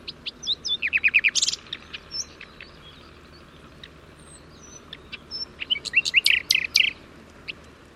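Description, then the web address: Bird singing a varied, high-pitched song of rapid chirps, a quick descending trill and thin whistles, in two bursts separated by a quieter pause. "Deverinetal 2025 File origin Bird Only"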